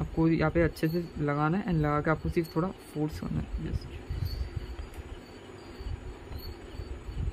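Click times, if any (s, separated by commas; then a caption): none. A DDR4 memory stick is being fitted into the DIMM slot of an Ant Value H110MAD4-N motherboard, pressed in with a little force, while someone talks over faint background noise. The clip ends before the stick goes home, and neither plastic retention latch has clicked shut yet.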